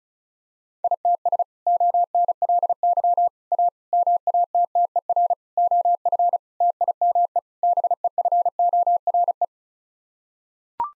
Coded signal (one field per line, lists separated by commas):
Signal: Morse code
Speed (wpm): 34 wpm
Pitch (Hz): 700 Hz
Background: none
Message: ITS ONLY A MATTER OF TIME BEFORE